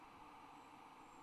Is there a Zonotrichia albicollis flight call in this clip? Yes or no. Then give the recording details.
no. No flight call is heard. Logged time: 00:09 on 30 November 2014